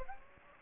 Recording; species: mosquito wingbeat signal from an infrared sensor; Aedes aegypti